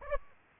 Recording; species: mosquito wingbeat signal from an infrared sensor; Aedes aegypti